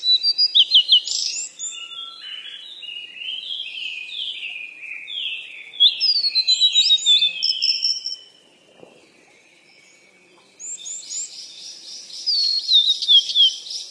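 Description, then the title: Birds chirping in a dense run of high, squeaky notes and quick trills, a short quiet gap, then another loud burst of rapid chirps. "鸟儿喳喳"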